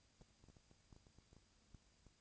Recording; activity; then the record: daily activity, microphone in the room; no activity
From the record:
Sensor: 2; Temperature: 20.1 degrees Celsius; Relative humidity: 35.5%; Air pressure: 996.9 hPa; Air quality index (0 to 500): 197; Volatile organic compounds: 30 ppm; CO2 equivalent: 2958 ppm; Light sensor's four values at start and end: 2/3/2/2 and 2/3/2/2